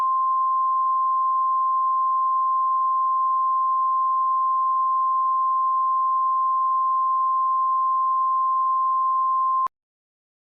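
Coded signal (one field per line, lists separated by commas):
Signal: Emergency Alert System (SAME) tones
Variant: 1050 Hz attention tone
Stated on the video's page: Fictional mock red flag warning alert, made in editing software with text-to-speech.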